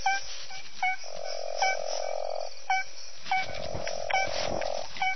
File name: Proceratophrys boiei